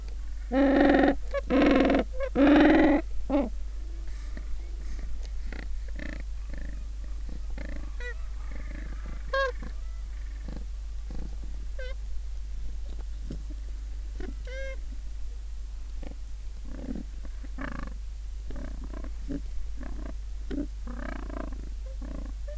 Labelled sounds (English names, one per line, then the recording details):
Gentoo Penguin
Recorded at the colony at Booth Island, Antarctica, on 21 December 2014
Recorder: Song Meter SM2+